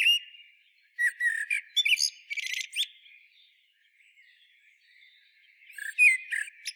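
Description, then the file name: Eurasian blackbird song: two warbling phrases of fluty low notes that break into squeaky high twitters, separated by a quiet gap. "Turdus merula"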